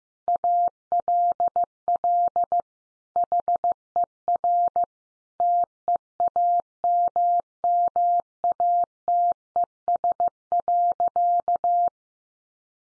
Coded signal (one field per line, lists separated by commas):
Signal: Morse code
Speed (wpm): 15 wpm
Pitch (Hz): 700 Hz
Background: none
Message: ALL HER TEAMMATES.